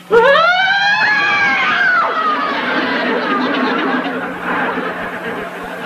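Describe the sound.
A child loudly imitates an ambulance siren with a shrill wail that swoops sharply upward, holds, then slides down in pitch, trailing off into softer vocal noise.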